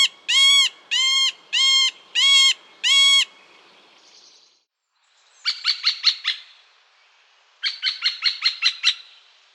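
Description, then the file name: Middle spotted woodpecker calls: five nasal, harmonic, drawn-out notes about every half second, then two quicker bursts of short clipped notes after a pause. "mellanspett"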